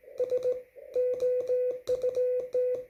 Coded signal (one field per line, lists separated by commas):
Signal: Morse code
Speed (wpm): 16 wpm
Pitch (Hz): 500 Hz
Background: none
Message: S OUT